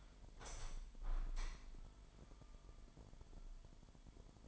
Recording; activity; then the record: daily activity, microphone in the room; open window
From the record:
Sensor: 5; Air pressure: 998.6 hPa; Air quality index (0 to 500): 102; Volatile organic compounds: 2 ppm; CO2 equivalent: 1182 ppm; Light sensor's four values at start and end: 35/85/35/40 and 35/85/35/40